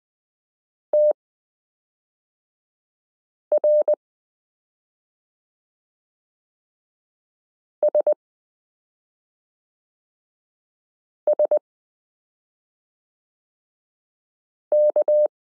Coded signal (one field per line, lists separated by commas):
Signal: Morse code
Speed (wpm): 20 wpm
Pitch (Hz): 600 Hz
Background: none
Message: TRSSK